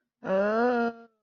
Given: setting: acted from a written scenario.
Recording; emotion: vocal sound without words; distress